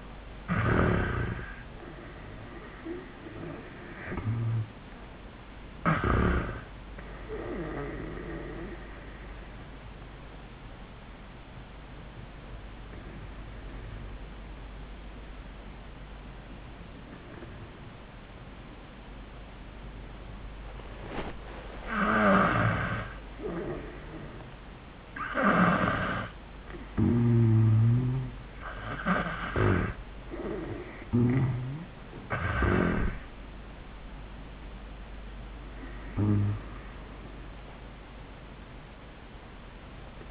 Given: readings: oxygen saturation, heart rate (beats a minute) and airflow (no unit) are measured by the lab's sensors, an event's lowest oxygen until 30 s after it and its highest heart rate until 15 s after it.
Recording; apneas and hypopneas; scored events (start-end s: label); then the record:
breathing in sleep by a voice recorder at the bedside; 1
11.00-27.20 s: obstructive apnea (N1, oxygen 97% highest, then 86% lowest, heart rate 91 at the start, 99 highest)
From the record:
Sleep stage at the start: N1 (lightest sleep); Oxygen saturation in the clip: 73 to 97%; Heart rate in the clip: 88 to 100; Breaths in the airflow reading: 3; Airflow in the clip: -15.1 to 15.6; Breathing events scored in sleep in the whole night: 400 in 8.7 hours asleep